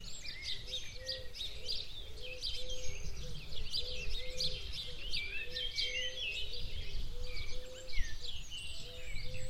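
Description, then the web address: Birds calling, a busy mix of high chirps and twitters from several birds, with a soft low note repeated steadily underneath and a constant background hum. "Deverinetal 2025 File origin Bird Only"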